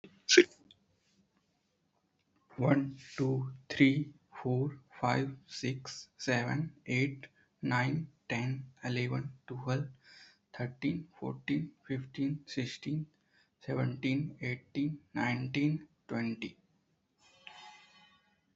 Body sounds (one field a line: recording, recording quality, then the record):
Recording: counting at a normal pace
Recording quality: excellent, no background noise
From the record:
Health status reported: healthy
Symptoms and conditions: none ticked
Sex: male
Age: 22 years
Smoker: not ticked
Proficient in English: no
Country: India